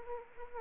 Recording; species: mosquito wingbeat signal from an infrared sensor; Anopheles arabiensis